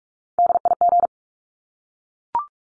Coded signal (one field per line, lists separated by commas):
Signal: Morse code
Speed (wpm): 44 wpm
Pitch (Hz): 700 Hz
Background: none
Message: DIG